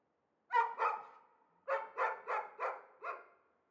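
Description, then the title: Dog barks in two bursts, a quick pair followed after a pause by five sharp barks. Two or possibly three dogs, apparently shut in cages, excite one another at the slightest outside noise; continuous rush of the Arveyron river far off; Chamonix-Mont-Blanc, France. "Chamonix-Mont-Blanc, Auvergne-Rhône-Alpes, France - 2 (ou peut-être 3) chiens"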